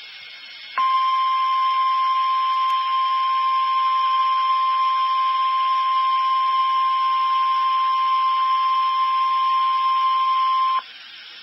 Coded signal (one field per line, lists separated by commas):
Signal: Emergency Alert System (SAME) tones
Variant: 1050 Hz attention tone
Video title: REAL EAS 265- Severe thunderstorm warning